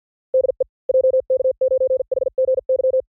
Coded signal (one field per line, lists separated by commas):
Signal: Morse code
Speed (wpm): 50 wpm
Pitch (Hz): 520 Hz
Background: none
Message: DE JK9HGY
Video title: Morse CW Training JP Random Callsign Speed from 45 to 55 WPM 400 Calls